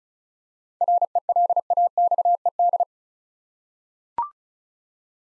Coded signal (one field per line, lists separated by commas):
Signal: Morse code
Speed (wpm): 36 wpm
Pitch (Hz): 700 Hz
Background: none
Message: RELAXED